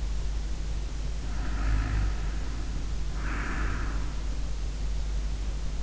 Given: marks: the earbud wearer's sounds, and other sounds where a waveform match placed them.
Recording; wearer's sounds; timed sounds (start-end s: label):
sounds in sleep by an in-ear microphone; snoring breath
0.90-4.26 s: snoring breath